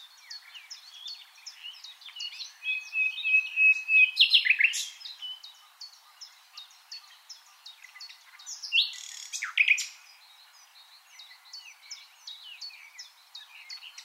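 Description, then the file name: Common nightingale song: a long whistled note and rich, scratchy phrases in two bursts about five seconds apart, over steady soft chirping of other birds. "Luscinia megarhynchos"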